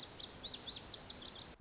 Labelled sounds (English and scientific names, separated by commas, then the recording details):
Lazuli Bunting (Passerina amoena)
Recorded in Sonoma County, California